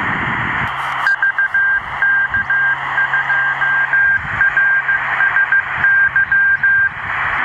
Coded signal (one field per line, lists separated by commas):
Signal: Morse code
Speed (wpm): 15 wpm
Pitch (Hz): 1600 Hz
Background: radio noise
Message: VK2RSY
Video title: Almost summer 27 and 28 MHz band reception